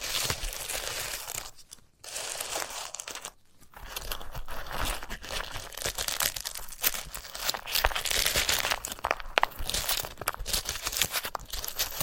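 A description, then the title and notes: A dried sunflower head is handled with continuous crisp crinkling and crunching, briefly pausing near two and three and a half seconds. ASMR of a Sunflower Head (No Talking).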